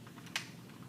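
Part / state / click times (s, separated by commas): sword accessory into toy launcher handle / not seated / none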